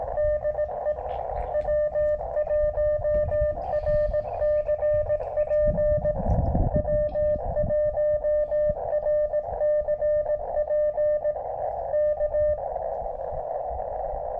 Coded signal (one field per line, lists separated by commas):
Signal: Morse code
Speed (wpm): 18 wpm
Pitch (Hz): 590 Hz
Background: none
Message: DE W1RCP W1RCP K